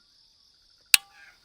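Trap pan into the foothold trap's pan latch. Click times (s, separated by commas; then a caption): 0.9 s. The pan of a steel offset foothold trap is pulled down while the trap is being set, and its pan catch (night latch) latches into place with one sharp metallic click at 0.9 s, followed by a brief ringing tail. A steady high-pitched, insect-like drone runs underneath throughout. The pan is seated and latched.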